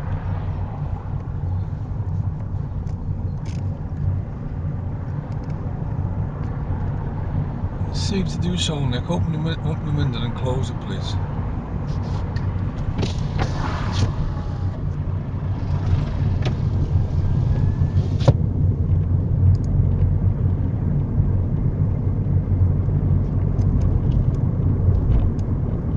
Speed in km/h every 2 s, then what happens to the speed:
18, 21, 23, 23, 21, 23, 24, 27, 27, 32, 35, 39, 40.
0-13 steady at about 23. 13-26 speeds up to 40.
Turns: none.